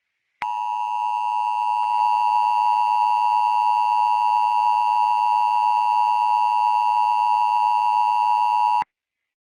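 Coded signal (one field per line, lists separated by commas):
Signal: Emergency Alert System (SAME) tones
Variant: 853 and 960 Hz attention tone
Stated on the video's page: Fictional EAS scenario on a Verizon FiOS screen, a recreation.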